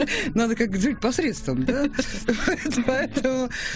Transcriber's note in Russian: Смеются